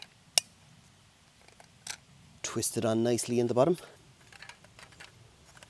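A plastic locking stabiliser stand is twisted onto the bottom of a gas canister and snaps into its notches with a loud, sharp click at 0.4 s, followed by a few faint taps and handling sounds. Someone talks from about 2.5 s to 3.8 s. The stand is seated and locked onto the canister base.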